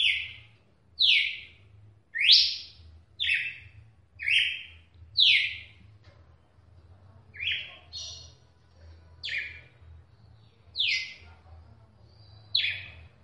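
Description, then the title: Red-cowled cardinal song: clear, slurred notes delivered about once per second, with a low steady hum beneath. "Galo De Campina"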